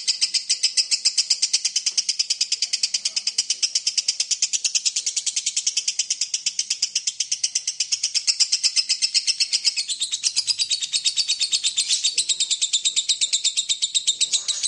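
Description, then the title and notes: Lovebird song: a long, fast, unbroken string of shrill chattering notes, steady and rapid throughout. Lovebird in ngekek song style, used as a lure song (kicau pancingan). "suara Lovebird ngekek, kicau pancingan"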